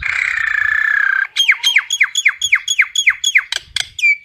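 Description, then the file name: Common myna giving a steady harsh rasp, then a quick series of repeated downslurred whistled notes, about four per second. Calling the flock. "Tieng sao nau goi bay"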